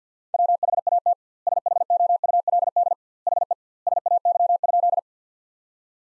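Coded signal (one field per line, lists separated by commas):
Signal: Morse code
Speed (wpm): 50 wpm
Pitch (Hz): 700 Hz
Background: none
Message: WHAT SHOULD HE SAY?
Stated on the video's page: Head-copy drill of sentences built from the top 300 words, at 50 wpm with 2x word spacing, similar to Farnsworth.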